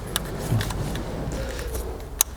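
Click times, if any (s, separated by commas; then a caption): 2.2 s. While an Audi TT's ignition problem is being repaired, an electrical connector is pushed home onto an ignition component on the engine's ignition wiring in the engine bay. A few faint ticks and handling noises sit over a steady low hum before a sharp, bright click at 2.2 s. The connector is fully seated.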